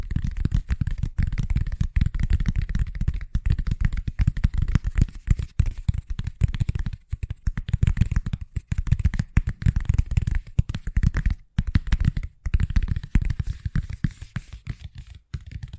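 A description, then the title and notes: Fast tapping runs almost without pause for the whole stretch, a dense, rapid patter of soft, low-pitched knocks with a faint brighter click on each. The rhythm stays quick but uneven, with brief gaps around seconds 7, 11.5 and 12.5. ASMR Braingasm Inducing Fast Tapping (No Talking).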